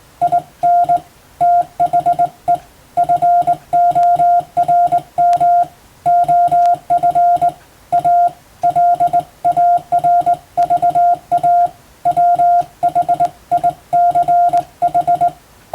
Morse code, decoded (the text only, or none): IN THE FORM OF A LARVA WHICH